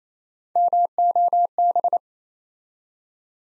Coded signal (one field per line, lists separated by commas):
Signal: Morse code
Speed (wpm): 29 wpm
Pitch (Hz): 700 Hz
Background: none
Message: MOB